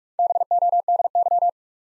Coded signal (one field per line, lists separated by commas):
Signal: Morse code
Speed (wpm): 46 wpm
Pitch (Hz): 700 Hz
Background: none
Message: BODY